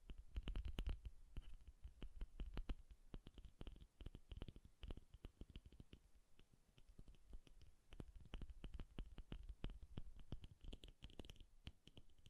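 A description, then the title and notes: Soft tapping sounds with a bassy thud come in quick, irregular bursts throughout, sometimes clustering into rapid flurries and then thinning out briefly around four and seven seconds. Each tap is short, with a faint papery scratch riding above the low knock. Bassy and Soft Tapping Sounds. No Talking.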